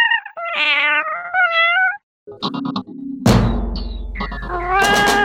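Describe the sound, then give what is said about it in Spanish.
A cat yowls in long, wavering, high-pitched meows that rise and fall, breaking into a loud, harsh caterwaul with a low rumbling thud underneath, then more strained cries. “Un día uno de los gatos tuvo para mí intenciones sexuales y subí a través de los ajíes de encaje, y él volaba y caía a mis pies y volvía a volar y a caer a mis pies.”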